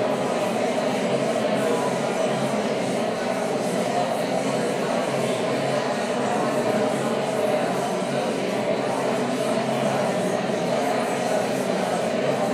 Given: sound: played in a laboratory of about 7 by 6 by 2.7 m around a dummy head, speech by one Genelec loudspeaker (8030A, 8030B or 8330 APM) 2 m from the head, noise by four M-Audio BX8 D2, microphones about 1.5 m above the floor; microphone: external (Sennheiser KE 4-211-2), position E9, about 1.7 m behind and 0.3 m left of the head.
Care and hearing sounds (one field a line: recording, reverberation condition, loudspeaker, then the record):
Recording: babble noise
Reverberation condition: high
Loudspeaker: four, about 170 cm from the corners of the room and facing them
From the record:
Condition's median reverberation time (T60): about 1300 ms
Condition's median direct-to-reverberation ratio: about -4.0 dB